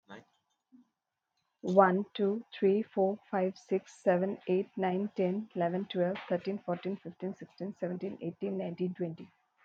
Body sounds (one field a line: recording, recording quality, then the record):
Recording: counting at a fast pace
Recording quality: excellent, no background noise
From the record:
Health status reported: healthy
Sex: female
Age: 29 years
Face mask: not worn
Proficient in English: yes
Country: India